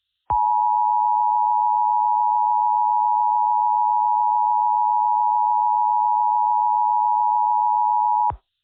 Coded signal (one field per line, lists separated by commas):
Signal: Emergency Alert System (SAME) tones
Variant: 853 and 960 Hz attention tone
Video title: EAS Mini Scenario - All Out War: MADE IN CHINA